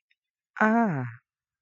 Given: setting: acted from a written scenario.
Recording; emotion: vocal sound without words; neutral